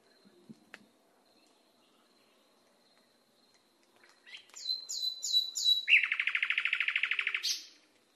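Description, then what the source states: Nightingale song: after a few quiet seconds, a few descending high whistled notes, then a loud, rapid, even trill of repeated pulses lasting about one and a half seconds. Masteran recording, a song recording used to train cage birds.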